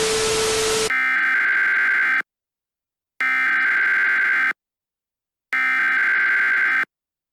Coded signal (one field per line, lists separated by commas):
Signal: Emergency Alert System (SAME) tones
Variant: header bursts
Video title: EAS Scenario: THE HEATWAVE - Suspicions